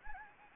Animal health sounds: mosquito wingbeat signal from an infrared sensor; Anopheles gambiae

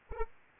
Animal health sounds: mosquito wingbeat signal from an infrared sensor; Anopheles arabiensis

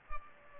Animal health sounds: mosquito wingbeat signal from an infrared sensor; Culex pipiens

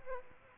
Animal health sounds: mosquito wingbeat signal from an infrared sensor; Aedes aegypti

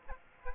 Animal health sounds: mosquito wingbeat signal from an infrared sensor; Aedes aegypti

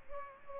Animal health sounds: mosquito wingbeat signal from an infrared sensor; Culex pipiens

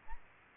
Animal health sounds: mosquito wingbeat signal from an infrared sensor; Aedes aegypti

